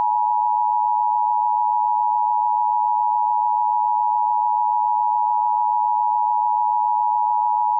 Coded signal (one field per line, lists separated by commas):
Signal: Emergency Alert System (SAME) tones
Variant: 853 and 960 Hz attention tone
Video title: Flood Warning for Hunterdon, NJ [EAS #182]